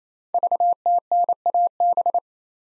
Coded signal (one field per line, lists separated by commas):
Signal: Morse code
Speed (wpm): 27 wpm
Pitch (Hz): 700 Hz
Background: none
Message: VTNAB